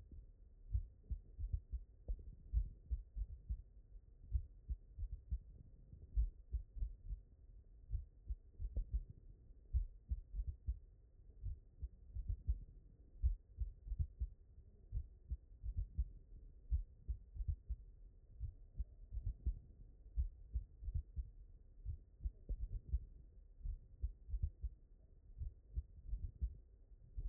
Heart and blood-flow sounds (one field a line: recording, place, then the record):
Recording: heart sounds by stethoscope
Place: mitral valve (MV)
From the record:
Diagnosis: non-HFrEF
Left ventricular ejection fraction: 45%